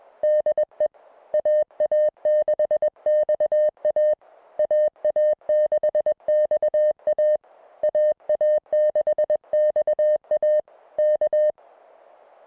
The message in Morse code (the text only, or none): DE AA6XA AA6XA AA6XA K